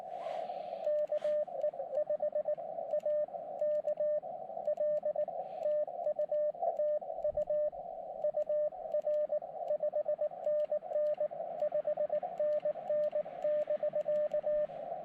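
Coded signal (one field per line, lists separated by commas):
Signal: Morse code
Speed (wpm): 19 wpm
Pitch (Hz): 610 Hz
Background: radio noise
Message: KE5AKL TU TU UR 5NN 5NN <BK>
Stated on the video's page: QRP Morse code Summits On The Air activation from a mountain summit.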